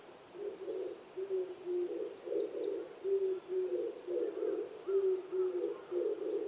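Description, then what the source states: Oriental turtle dove song: low, hoarse coos in a steady rhythmic phrase, repeated throughout, with faint higher chirps from other birds in the background. Recorded 26 April 2010 at 05:29.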